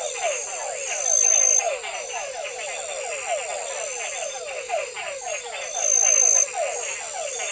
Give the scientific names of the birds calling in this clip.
none